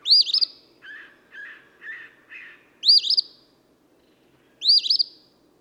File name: Eastern Phoebe